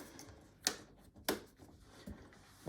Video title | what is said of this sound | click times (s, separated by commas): Joolz Aer 2: From Seat to Nest to Seat and Back Again | they'll both click into place. | 0.7 s, 1.3 s